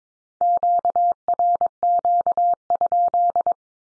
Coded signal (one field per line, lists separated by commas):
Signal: Morse code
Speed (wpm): 22 wpm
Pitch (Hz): 700 Hz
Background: none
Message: QRQ?